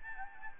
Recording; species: mosquito wingbeat signal from an infrared sensor; Anopheles arabiensis